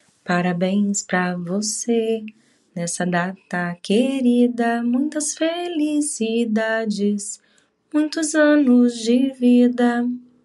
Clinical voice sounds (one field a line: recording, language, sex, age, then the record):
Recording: short text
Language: Brazilian Portuguese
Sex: female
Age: 40 to 49 years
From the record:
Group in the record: control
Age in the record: 44 years